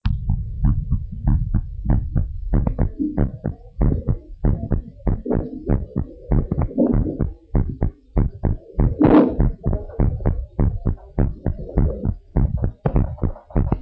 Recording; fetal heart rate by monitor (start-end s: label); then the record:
heart sounds of a pregnant woman by stethoscope
no fetal heartbeat
From the record:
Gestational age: 39 weeks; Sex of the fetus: boy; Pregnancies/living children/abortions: 2/1/0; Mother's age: 41 years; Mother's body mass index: 35.3